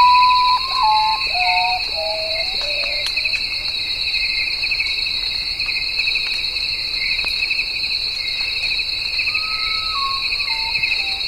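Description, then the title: Common potoo: a slow series of sad whistles stepping down in pitch, then a few more falling notes later, over a loud steady buzz of insects. "vogel-der-woche Common Potoo"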